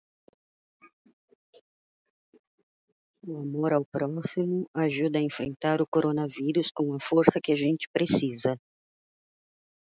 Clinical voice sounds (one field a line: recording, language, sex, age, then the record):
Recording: spoken sentence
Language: Brazilian Portuguese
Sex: female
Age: 30 to 39 years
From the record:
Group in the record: control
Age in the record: 39 years